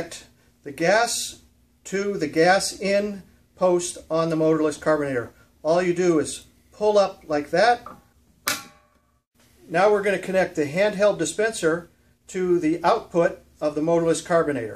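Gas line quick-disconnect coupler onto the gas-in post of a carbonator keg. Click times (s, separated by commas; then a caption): 8.5 s. Someone talks while a gas-line quick-disconnect coupler is connected to the gas-in post of a motorless carbonator keg: the sleeve is pulled up and the coupler is pushed on. A single sharp metallic snap at 8.5 s marks it seating onto the post, and the talking then continues.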